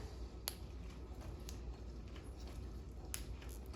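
A plastic LED light housing is pressed back into its slot in the ceiling of a GE refrigerator, with sharp clicks at about 0.5 s and 1.5 s over a low steady hum. A strong sharp click at 3.1 s marks the housing snapping back into place and seating, followed by a few faint ticks.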